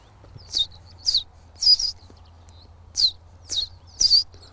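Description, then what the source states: Common Reed Bunting: six short high chirpy notes in two groups of three with a pause between, over a low steady hum. Many reed buntings heard all around, at the edge of a reed marsh near a road.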